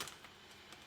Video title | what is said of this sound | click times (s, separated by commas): Ice Cream Swirl Catalog Launch | and your dyes if you put them like this did you hear it click Steve | 0.0 s